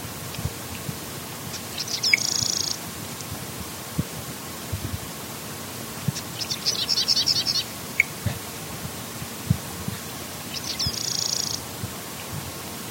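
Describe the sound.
Sedge wren song: three dry, rattling high trills repeating about every four seconds over a steady low background hum.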